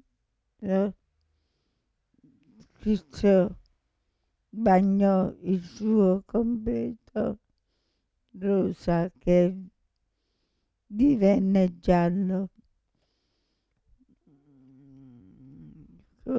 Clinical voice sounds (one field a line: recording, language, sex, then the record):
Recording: read passage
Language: Italian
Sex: female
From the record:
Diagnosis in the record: Parkinson's disease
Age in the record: 65 years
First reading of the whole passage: 242 s, 2.1 characters per second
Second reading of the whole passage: 180 s, 2.9 characters per second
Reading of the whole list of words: 168 s, 1.7 characters per second